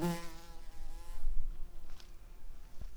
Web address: bumblebees sounds Pratorum-queens